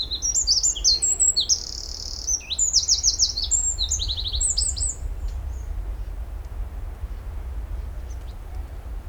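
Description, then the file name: Eurasian wren song, a rapid jumble of piercing high notes broken by fast rattling trills for about five seconds before fading into low background rumble. "Troglodytes troglodytes"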